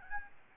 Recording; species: mosquito wingbeat signal from an infrared sensor; Aedes albopictus